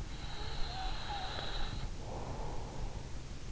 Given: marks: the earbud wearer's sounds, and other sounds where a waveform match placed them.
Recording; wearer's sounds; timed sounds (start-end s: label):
sounds in sleep by an in-ear microphone; breath
0.35-3.27 s: breath